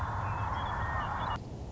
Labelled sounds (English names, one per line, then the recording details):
Western Meadowlark
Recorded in Sonoma County, California